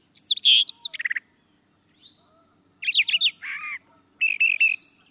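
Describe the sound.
Brown thrasher song: a few varied phrases of swooping whistles and harsh chattering notes, with a quieter gap midway.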